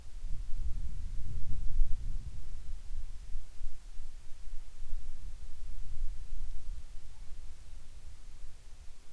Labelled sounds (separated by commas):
wind